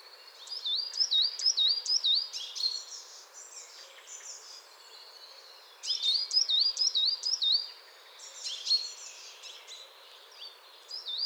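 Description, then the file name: Coal tit repeating high, looping whistled notes in fast strings, two main bursts separated by a few quiet seconds, plus scattered thin chips. Chattering coal tit. "MESANGE NOIRE BAVARDE"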